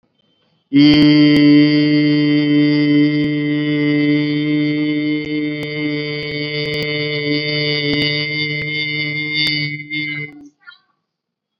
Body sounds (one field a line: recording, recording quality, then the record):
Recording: sustained vowel as in beet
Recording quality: excellent, no background noise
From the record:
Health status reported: COVID-19 positive, mild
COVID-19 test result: positive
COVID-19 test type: RT-PCR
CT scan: not taken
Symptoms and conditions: cough, sore throat, fatigue, muscle pain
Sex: male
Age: 40 years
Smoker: no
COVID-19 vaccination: both doses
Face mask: worn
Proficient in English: yes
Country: India